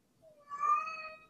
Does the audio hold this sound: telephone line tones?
no